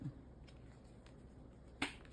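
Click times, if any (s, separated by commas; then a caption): 1.8 s. The plastic top is pressed onto the silicone diaphragm (vacuum part) of a hard-plastic hands-free collection cup for an Anly Kiss Power Pump electric breast pump. After quiet handling with a faint tick near 1.1 s, a sharp plastic snap at 1.8 s shows the cover locking home. The diaphragm cover is seated.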